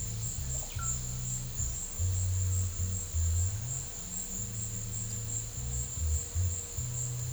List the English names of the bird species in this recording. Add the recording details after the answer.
Russet-backed Oropendola. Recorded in pastures near Puerto Asís, Putumayo, Colombia, on 22 December 2024 at 14:00. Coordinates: 0.496, -76.326. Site G004